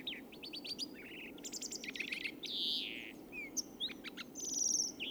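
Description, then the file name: European greenfinch calls: high twittering chips and a drawn-out nasal wheeze, over a steady low background rumble. "Chloris chloris"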